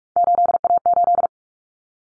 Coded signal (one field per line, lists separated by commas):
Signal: Morse code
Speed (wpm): 44 wpm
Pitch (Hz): 700 Hz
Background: none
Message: 8A8